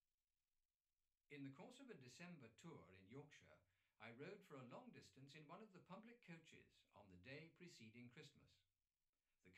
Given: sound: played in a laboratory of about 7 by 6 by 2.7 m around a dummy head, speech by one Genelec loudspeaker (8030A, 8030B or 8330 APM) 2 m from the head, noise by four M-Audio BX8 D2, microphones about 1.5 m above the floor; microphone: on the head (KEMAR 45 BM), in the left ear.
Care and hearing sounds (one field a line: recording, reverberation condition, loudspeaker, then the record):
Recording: male speech in English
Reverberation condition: low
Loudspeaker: behind (180 degrees)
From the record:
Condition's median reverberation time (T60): about 310 ms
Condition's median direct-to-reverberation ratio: about 3.5 dB